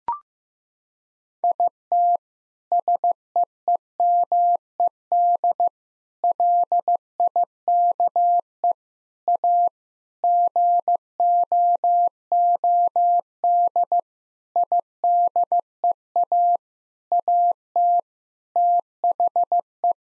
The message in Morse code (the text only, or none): IT SEEMED LIKE A GOOD IDEA AT THE